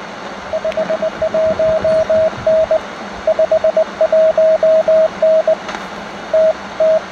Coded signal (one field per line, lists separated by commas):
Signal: Morse code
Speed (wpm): 20 wpm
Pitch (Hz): 640 Hz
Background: radio noise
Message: 51N 51N T T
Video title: Crystal control and a transistor radio: Good enough for Field Day contacts?